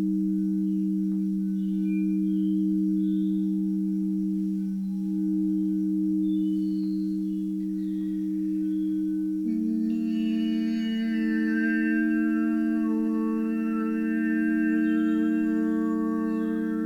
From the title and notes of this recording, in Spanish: Un viaje entre cuencos y sus armonicos.